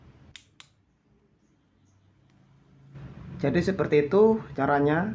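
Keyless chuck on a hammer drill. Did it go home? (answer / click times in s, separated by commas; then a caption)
released / 0.4 s, 0.6 s. On a DCA ADJZ03-13 hammer drill whose keyless chuck had slipped, the chuck is spun right quickly and then turned left by hand until it clicks free. Two sharp clicks sound at 0.4 s and 0.6 s, meaning the chuck is released and can be tightened again. After a quiet stretch, someone talks.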